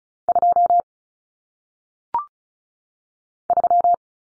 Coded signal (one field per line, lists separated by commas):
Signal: Morse code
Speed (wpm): 36 wpm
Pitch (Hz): 700 Hz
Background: none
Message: 2 3